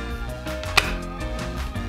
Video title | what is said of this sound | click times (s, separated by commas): SO MAGIC DIY TERRARIUM ! TEST JOUET⎮Reva ytb | il faut bien entendre le clic, il faut bien le clipser dedans, c'est écrit. | 0.8 s